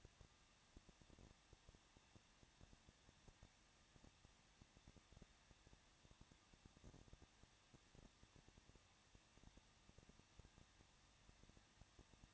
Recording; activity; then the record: daily activity, microphone in the room; no activity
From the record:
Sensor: 3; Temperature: 21.2 degrees Celsius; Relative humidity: 36.2%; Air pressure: 1006.5 hPa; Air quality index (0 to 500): 220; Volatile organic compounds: 39 ppm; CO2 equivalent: 3128 ppm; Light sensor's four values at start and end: 2/3/2/2 and 2/3/2/2